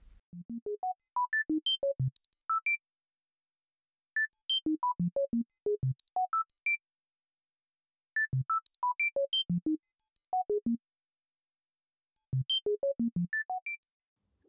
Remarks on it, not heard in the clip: This is not actually the acoustic neuromodulation treatment. This is my reworking of it as musical neuromodulation. So I took the principles of acoustic neuromodulation and applied it to try and do something more universal, so you didn't actually have to identify a tinnitus frequency. It's an unbelievably simple sequence. What I actually settled on was using the musical scale, because it's a logarithmic scale, and they're using a logarithmic scale for the device.